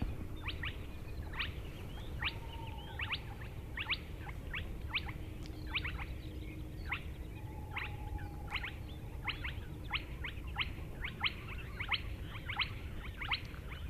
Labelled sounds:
Spotted Crake (Porzana porzana)

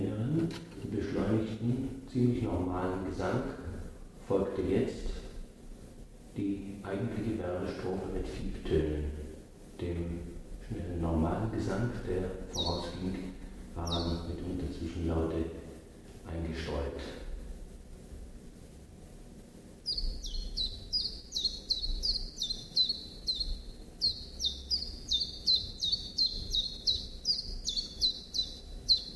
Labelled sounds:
Common Chiffchaff (Phylloscopus collybita) song

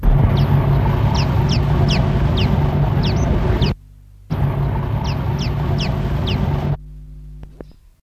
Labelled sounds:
Common Waxbill (Estrilda astrild) call

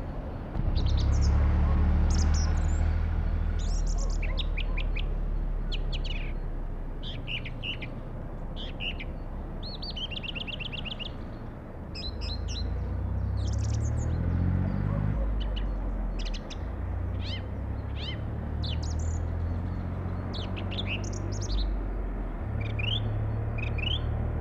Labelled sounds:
Song Thrush (Turdus philomelos) song

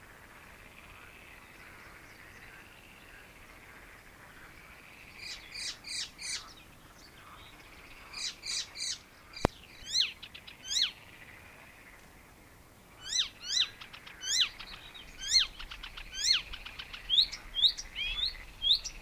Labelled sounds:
Icterine Warbler (Hippolais icterina) song

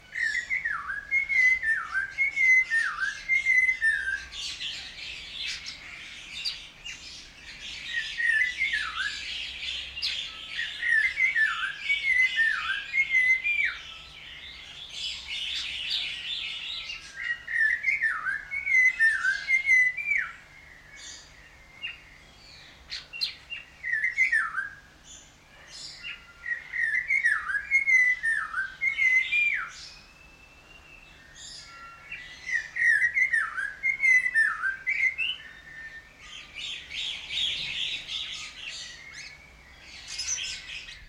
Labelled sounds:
Snowy-crowned Robin-Chat (Cossypha niveicapilla)

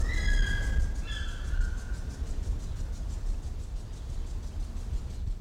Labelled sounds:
Spectacled Owl (Pulsatrix perspicillata) call

